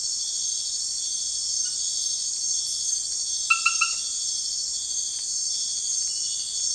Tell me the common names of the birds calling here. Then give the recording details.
none. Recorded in dense forest near Puerto Asís, Putumayo, Colombia, on 20 February 2024 at 04:00. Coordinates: 0.496, -76.326. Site G6383